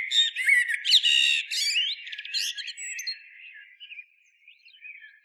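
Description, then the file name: Common blackbird song phrase: a brief warbled start running into a dense burst of high squeaky twittering, then softer scratchy notes trailing off. "Turdus merula"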